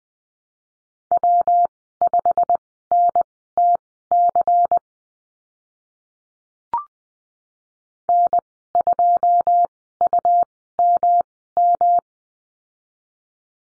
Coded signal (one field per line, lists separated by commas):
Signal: Morse code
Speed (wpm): 20 wpm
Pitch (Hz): 700 Hz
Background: none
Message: W5NTC N2UMM